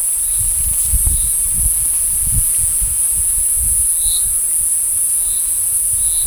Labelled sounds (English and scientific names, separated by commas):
none